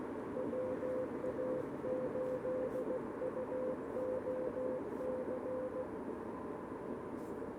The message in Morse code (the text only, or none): WA8UOC